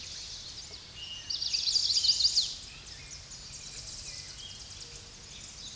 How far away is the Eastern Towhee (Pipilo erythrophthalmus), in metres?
about 20 m